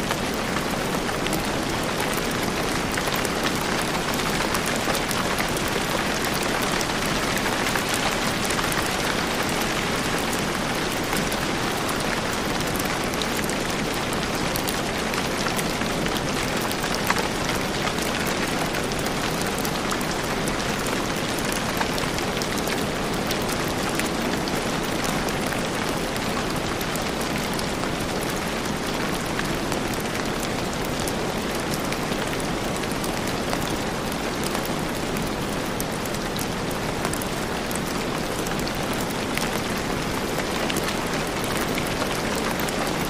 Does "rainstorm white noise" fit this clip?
yes